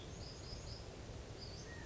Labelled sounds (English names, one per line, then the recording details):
California Quail
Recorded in Sonoma County, California